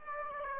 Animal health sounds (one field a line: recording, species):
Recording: mosquito wingbeat signal from an infrared sensor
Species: Aedes aegypti